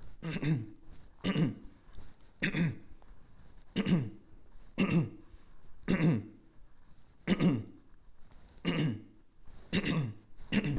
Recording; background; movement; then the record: throat clearing; quiet; sitting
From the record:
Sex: male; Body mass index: 22.0 kg/m2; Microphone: on the chest, facing outward